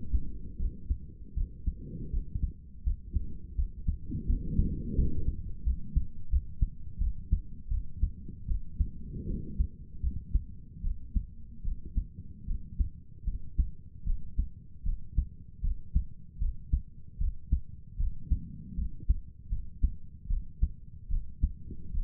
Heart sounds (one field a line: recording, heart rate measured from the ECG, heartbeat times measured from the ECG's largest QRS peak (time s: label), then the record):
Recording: heart sounds by stethoscope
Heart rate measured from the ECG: 79 bpm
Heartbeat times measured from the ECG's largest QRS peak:
0.58 s: heartbeat
1.35 s: heartbeat
2.12 s: heartbeat
2.85 s: heartbeat
3.57 s: heartbeat
4.27 s: heartbeat
4.96 s: heartbeat
5.65 s: heartbeat
6.31 s: heartbeat
6.99 s: heartbeat
7.70 s: heartbeat
8.47 s: heartbeat
9.26 s: heartbeat
10.02 s: heartbeat
10.83 s: heartbeat
11.64 s: heartbeat
12.47 s: heartbeat
13.26 s: heartbeat
14.05 s: heartbeat
14.85 s: heartbeat
15.63 s: heartbeat
16.40 s: heartbeat
17.19 s: heartbeat
17.98 s: heartbeat
18.77 s: heartbeat
19.50 s: heartbeat
20.29 s: heartbeat
21.09 s: heartbeat
21.93 s: heartbeat
From the record:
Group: healthy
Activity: rest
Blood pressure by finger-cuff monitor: 83/51 mmHg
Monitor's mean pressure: 62 mmHg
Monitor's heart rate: 77 bpm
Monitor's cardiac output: 6.5 L/min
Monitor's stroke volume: 85 mL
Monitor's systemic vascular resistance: 670 dyn s/cm5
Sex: female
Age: 22 years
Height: 163 cm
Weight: 67.1 kg